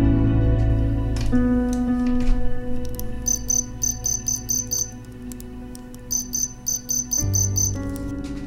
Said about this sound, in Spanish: Cantan de nuevo esta noche mis grillos